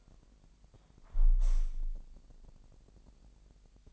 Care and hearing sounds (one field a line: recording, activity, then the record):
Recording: daily activity, microphone in the room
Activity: close window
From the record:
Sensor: 5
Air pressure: 1000.4 hPa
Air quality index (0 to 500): 248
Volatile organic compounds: 35 ppm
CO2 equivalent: 3057 ppm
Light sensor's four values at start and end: 34/78/31/29 and 34/78/31/29